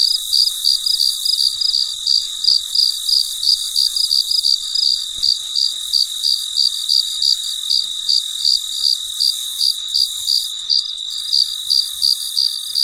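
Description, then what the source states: Cricket chirping steadily, crisp high pulses about three a second, over a steady background hiss of insects. Late at night, in deep quiet.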